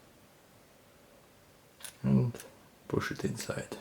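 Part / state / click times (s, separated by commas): SIM card tray into smartphone slot / not seated / none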